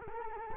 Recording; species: mosquito wingbeat signal from an infrared sensor; Culex quinquefasciatus